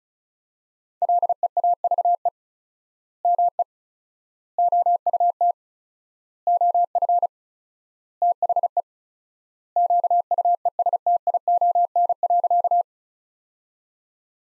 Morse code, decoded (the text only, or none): LEAVE ME OUT OF THE QUESTION.